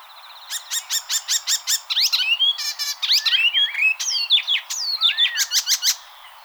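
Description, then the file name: Icterine Warbler singing a continuous, hurried medley of repeated chattering notes, buzzy trills and swooping whistles. "Hippolais icterina"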